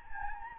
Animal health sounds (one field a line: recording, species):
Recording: mosquito wingbeat signal from an infrared sensor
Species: Anopheles gambiae